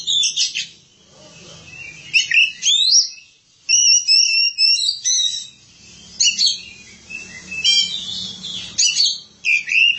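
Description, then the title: Oriental magpie-robin song: bright, high, fast-changing whistled and twittering phrases in bursts of a second or two, with brief pauses between. Kacer song. "Suara Kicauan Burung Kacer Durasi Panjang"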